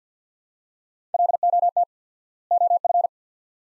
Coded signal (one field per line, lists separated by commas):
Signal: Morse code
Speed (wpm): 50 wpm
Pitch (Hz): 700 Hz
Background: none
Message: LOT OF